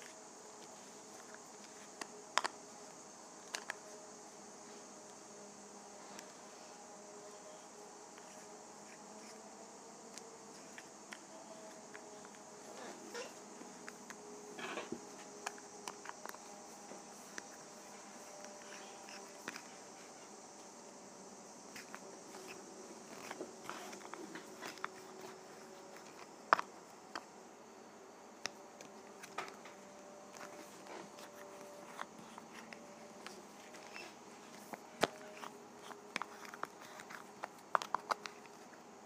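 A lip gloss container is handled, with scattered small clicks and taps over a steady low hum and a faint high hiss throughout.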